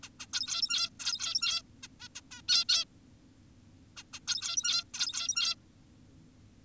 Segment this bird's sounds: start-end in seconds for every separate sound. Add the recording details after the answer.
0.03-0.09, 0.20-0.26, 0.34-0.90, 1.00-1.62, 1.83-1.88, 2.00-2.08, 2.16-2.21, 2.32-2.42, 2.48-2.65, 2.69-2.85, 3.97-4.03, 4.14-4.20, 4.28-4.84, 4.94-5.55. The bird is an adult. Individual g17y2U